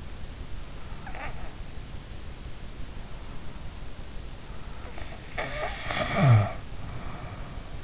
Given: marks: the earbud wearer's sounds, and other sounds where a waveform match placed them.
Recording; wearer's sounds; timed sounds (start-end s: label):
sounds in sleep by an in-ear microphone; snoring breath
0.79-1.60 s: snoring breath
4.79-7.84 s: snoring breath